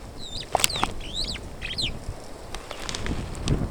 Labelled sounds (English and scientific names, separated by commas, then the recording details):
Superb Starling (Lamprotornis superbus) flight call
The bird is a male
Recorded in Kenya on 27 May 2010
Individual 83, of group SRB1